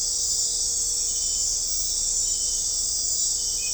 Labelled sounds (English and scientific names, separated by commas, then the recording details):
none
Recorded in dense forest near Puerto Asís, Putumayo, Colombia, on 16 December 2024 at 00:30
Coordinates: 0.499, -76.324
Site G045